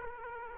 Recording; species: mosquito wingbeat signal from an infrared sensor; Culex quinquefasciatus